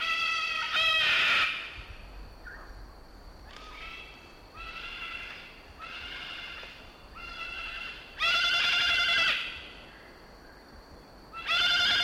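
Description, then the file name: Salmon-crested cockatoo screeching repeatedly, loud raspy harmonic calls and quieter drawn-out ones a second or two apart, a faint steady high tone in the background. "Cacatuamoluccensis"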